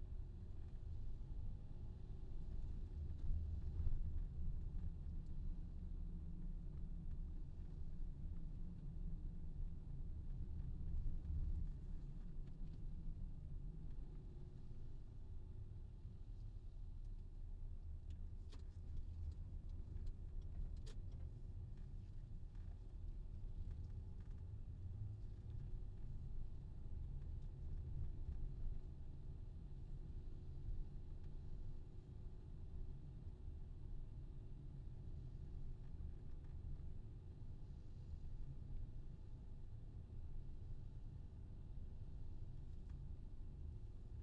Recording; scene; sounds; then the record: everyday scene through a hearing-aid microphone; in a vehicle; engine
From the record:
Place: VW T5 Caravelle, diesel engine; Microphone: in the ear canal, left